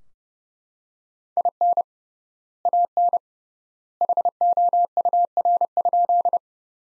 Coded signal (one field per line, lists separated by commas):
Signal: Morse code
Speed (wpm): 32 wpm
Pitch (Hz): 700 Hz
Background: none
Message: IN AN HOUR?